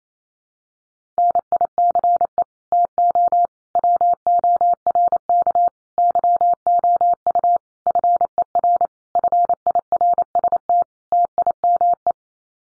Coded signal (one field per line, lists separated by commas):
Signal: Morse code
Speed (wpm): 28 wpm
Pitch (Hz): 700 Hz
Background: none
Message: NICE TO WORK YOU FER FIRST TIME